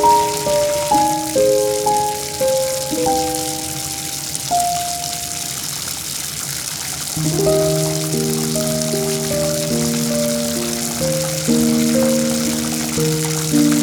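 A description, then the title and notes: A tub fills with a steady, even rush of running water that never lets up. Over it, a melody of clear tones plays: higher notes for the first six seconds, then a lower, busier run of notes over a held low tone from about seven seconds. Filling Up the Tub.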